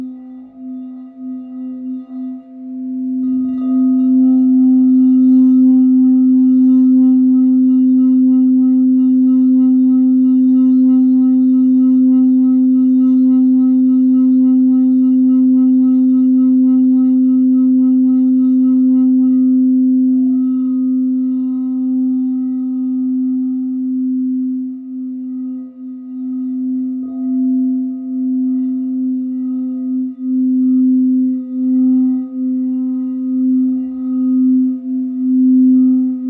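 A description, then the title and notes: A singing bowl rings with a steady, low humming tone and faint higher overtones above it. After a soft start, the sound swells near four seconds and holds strong until about twenty seconds, then wavers and pulses gently through the rest. Small clip of my Sound Bowl Healing Session.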